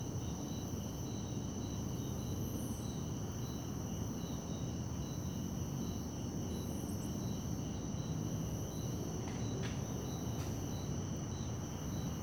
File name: Ambiencia parque beija flor a noite com grilos, passos na grama, aviao passando e depois transito longe